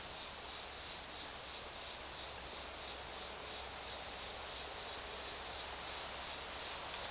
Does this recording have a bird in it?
no